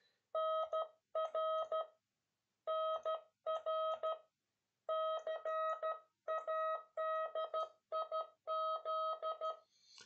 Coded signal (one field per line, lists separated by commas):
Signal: Morse code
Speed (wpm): 13 wpm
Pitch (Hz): 640 Hz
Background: none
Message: NR NR CADIZ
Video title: S2CN - CÓDIGO MORSE 26 - ABREVIATURAS DE SERVICIO